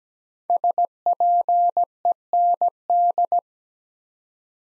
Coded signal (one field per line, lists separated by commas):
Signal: Morse code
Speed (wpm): 17 wpm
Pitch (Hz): 700 Hz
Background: none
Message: SPEND